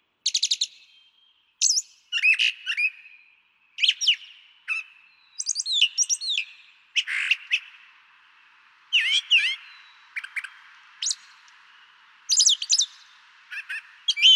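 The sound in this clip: Brown Thrasher song: a long run of varied phrases, sharp slurred notes and buzzy trills, separated by short pauses, in a clean, quiet background.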